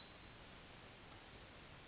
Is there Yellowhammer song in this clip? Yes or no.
no